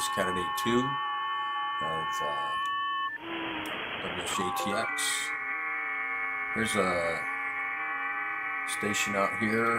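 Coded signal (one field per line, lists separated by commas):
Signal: FT8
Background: speech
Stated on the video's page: FT8 signals from POTA stations received on an Icom 7610 on 20 meters.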